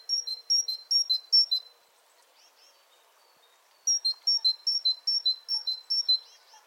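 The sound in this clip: Great tit song: bright two-note phrases repeated rapidly in two bursts, with a pause of about two seconds between them.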